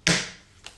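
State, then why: Seated. A plastic snap lid is set at an angle onto a plastic paint mixing cup, pressed down at the valve side and fed around the rim. It gives a sharp, bright click at 0.1 s that rings briefly, followed by a fainter tap at 0.7 s. The lid is snapped on and seated.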